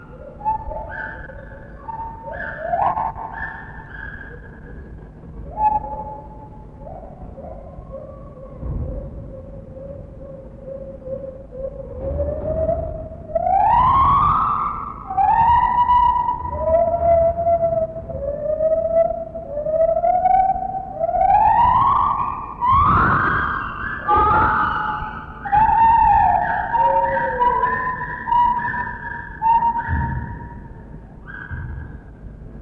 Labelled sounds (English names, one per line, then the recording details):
Lar Gibbon
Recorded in captivity
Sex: pair
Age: adult
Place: Zoo Berlin, Berlin, DE
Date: 1960-10-15 12:00
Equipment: Minifon, Kopie Smaragd
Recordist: Tembrock, Günter